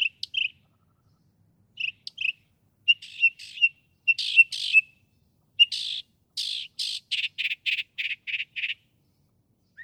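Northern mockingbird song: varied phrases of chirps, clicks and harsh notes, ending in a fast series of repeated buzzy notes.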